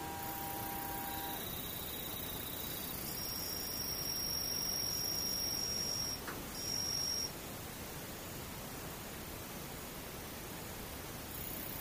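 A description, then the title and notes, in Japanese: Near-silence filled with a steady soft hiss, with distant insects giving thin, high, unbroken tones that shift pitch every few seconds. A few faint lower tones fade out in the first second, and a brief soft tick comes around six seconds. 無音遠くにムシ。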